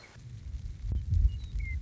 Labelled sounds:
Western Meadowlark
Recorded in Sonoma County, California

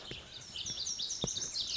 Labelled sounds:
Lazuli Bunting
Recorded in Sonoma County, California

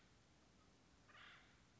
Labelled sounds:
Acorn Woodpecker
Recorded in Sonoma County, California

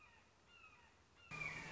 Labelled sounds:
Red-shouldered Hawk
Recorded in Sonoma County, California

